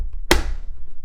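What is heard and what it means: A plastic side cover is set into the grooves of a PlayStation 5 console body after a storage upgrade and slid until it snaps into place. A faint tick comes at 0.1 s, then a single sharp, loud snap at 0.3 s whose bright ring fades over the next half second against a low background hum. The cover is seated firmly on the console.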